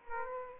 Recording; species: mosquito wingbeat signal from an infrared sensor; Aedes aegypti